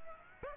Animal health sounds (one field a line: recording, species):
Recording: mosquito wingbeat signal from an infrared sensor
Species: Aedes aegypti